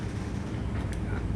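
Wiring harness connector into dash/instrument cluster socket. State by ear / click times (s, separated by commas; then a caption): not seated / none. A wiring harness connector is pushed into the dash instrument cluster socket while wiring a 1977 Pontiac Trans Am, over a steady low rumble with only a faint, brief tick near 0.9 s. The connector has not clicked or seated yet.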